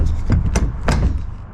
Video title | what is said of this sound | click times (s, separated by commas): Replacing the Roll-Up Door on My Box Van (Part 2) - Ford E350 Camper Build | I feel like that I heard that click. | 0.6 s, 0.9 s